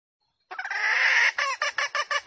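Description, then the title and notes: Junglefowl call: a harsh drawn-out note followed by several short raspy clucks, with silence before it. Female junglefowl; used as a lure to attract wild junglefowl. "Pancingan Ayam Hutan Betina. Suara Ayam Hutan Betina. Pemikat Ayam Hutan"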